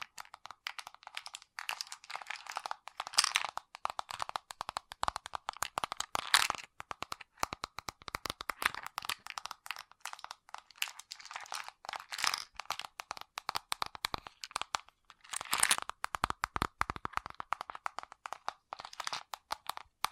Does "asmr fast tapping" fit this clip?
yes